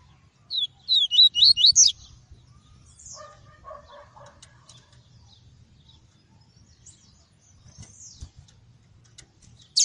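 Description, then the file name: Double-collared seedeater giving a rapid phrase of about six high, slurred whistles, followed by faint other sounds in the background. Song of the "tui-tui" variety. "canto do papa capim tui tui"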